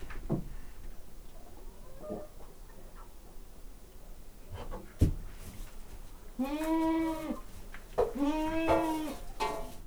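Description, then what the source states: Domestic goat bleating: several drawn-out bleats near the end, after thumps, shuffling and a sharp knock. Recorded in a farmyard stable.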